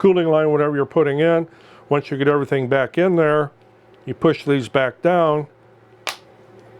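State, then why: Seated. Someone talks while the lines are laid into a plastic cable drag chain, and then the opening bar of a chain link is pushed back down into the link's side plates. A sharp snap at 6.1 s marks the cover bar closing and seating.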